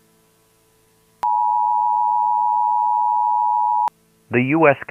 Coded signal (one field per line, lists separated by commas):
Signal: Emergency Alert System (SAME) tones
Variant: 853 and 960 Hz attention tone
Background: speech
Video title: Rampant AI: SCP 079 EAS Scenario